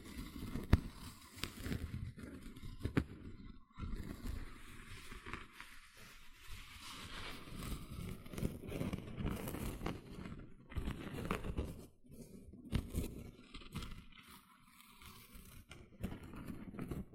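Gentle scratching goes on throughout, a dense, uneven texture of soft scrapes and crackles concentrated in the low and middle range. Brief sharp ticks stand out near the start and around three, ten and fifteen seconds, with short quiet gaps between bursts.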